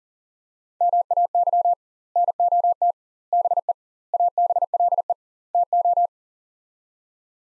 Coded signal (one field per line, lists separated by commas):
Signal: Morse code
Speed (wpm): 40 wpm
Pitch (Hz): 700 Hz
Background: none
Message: MAY NOT BE ABLE TO